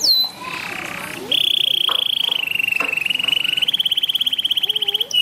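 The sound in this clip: Bird song: sustained, rapidly pulsed trills at a steady mid-high pitch, shifting level in steps, with brief squeaky slurred notes at start and end.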